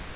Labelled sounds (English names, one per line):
Virginia's Warbler flight call